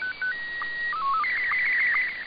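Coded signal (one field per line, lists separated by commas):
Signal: SSTV (slow-scan television)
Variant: Scottie 1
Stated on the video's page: SSTV received via HAARP on 6900 kHz AM, with much better reception than the previous night.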